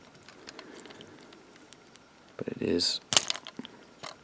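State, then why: Seated. A gray plastic wheel-hinge piece on a transforming robot toy is pushed into its small notches as someone talks, with faint clicks and handling sounds. It pops into place with a loud, sharp snap at 3.2 s, followed by a few small clicks. The piece is seated as a snug fit.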